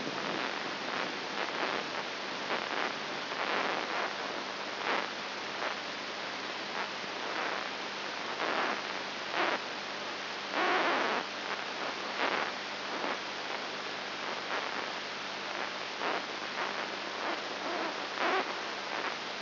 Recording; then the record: brain microelectrode recording played as sound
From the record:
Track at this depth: inside the subthalamic nucleus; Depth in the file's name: 2.304 mm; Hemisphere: left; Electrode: 3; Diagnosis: Parkinson's disease